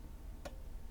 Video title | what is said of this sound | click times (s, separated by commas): Building the ultimate whitetail hunting arrows | clicks. You'll hear it click, | 0.5 s